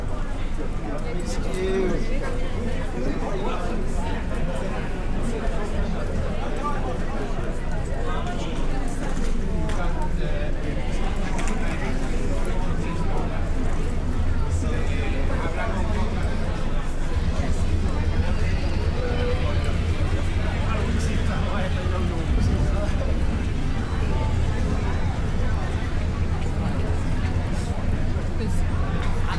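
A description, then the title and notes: A bustling Saturday night in London's Soho: continuous crowd chatter and overlapping voices over a steady low rumble of traffic, with scattered clinks. A bustling binaural walk through London's Soho. Londoners and tourists fill the streets, bars and clubs on a Saturday night.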